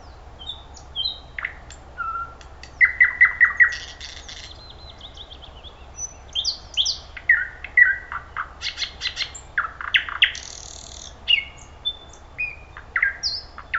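Thrush nightingale song: loud phrases of rapid repeated clicks and chooks, whistled notes and buzzy rattles, separated by short pauses, over steady low background hum.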